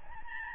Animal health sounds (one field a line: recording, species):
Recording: mosquito wingbeat signal from an infrared sensor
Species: Aedes albopictus